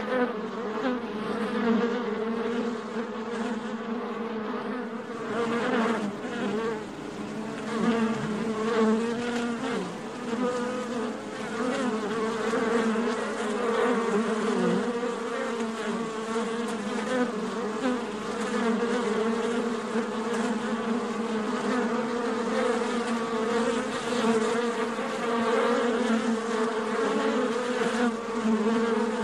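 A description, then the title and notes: Bees buzz continuously and densely, a steady layered hum with strong low tones and overtones stacked above. Many insects seem to overlap, the drone wavering slightly in pitch without pause. Loudness stays even throughout, with faint flickers of individual wingbeats passing. Bees Buzzing.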